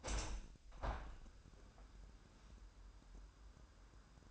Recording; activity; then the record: daily activity, microphone in the room; open window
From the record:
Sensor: 2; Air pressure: 998.4 hPa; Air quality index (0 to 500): 141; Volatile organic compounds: 4 ppm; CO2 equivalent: 1606 ppm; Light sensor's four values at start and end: 8/19/8/9 and 8/19/8/9